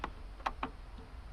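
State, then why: Not seated. An electrical connector is eased gently back onto the brake fluid level sensor in the master cylinder reservoir, with short sharp ticks at about 0.0, 0.5 and 0.6 seconds as it is handled. The connector is not yet home, and nothing has seated or clicked yet.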